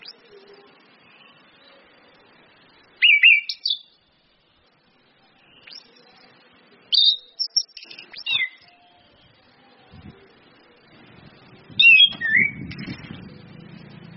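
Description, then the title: Orange-headed thrush song in several short bursts of whistled, slurred notes separated by pauses, with a low rumble near the end. Indonesian bird-training lure recording (pancingan, masteran) of ngeplong-style song plus female whistles (suitan betina), meant to make birds sing actively (gacor). "PANCINGAN anis kembang ngeplong dan SUITAN BETINA"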